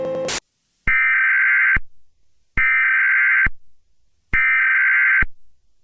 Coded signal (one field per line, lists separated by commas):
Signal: Emergency Alert System (SAME) tones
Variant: header bursts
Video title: EAS Mock - Madam Pixella